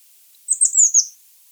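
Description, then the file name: Eurasian blue tit call, a single high thin warbled phrase of linked descending notes lasting under a second. "Cyanistes caeruleus"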